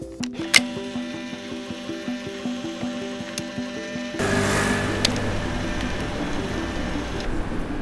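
A sharp shutter click, followed by a steady mechanical buzz and then a louder, rougher motorized whir as a Polaroid instant camera pushes out its photo on the rue de la République in Marseille. No one speaks.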